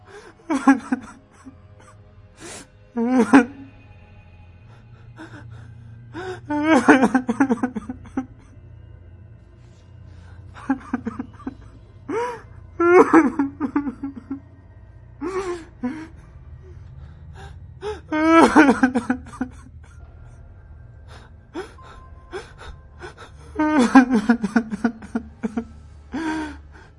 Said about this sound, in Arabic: حصل نفس اللي حصل قبل كده، صوت بكاء شديد.